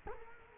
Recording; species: mosquito wingbeat signal from an infrared sensor; Culex quinquefasciatus